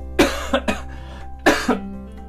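Adult man coughing. His cough has been very bad, bad enough that he went to a respiratory medicine clinic.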